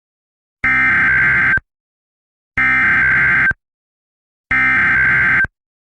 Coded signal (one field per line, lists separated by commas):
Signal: Emergency Alert System (SAME) tones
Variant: header bursts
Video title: EAS SCENARIO ASH-FALL INSPIRED BY @kayeas716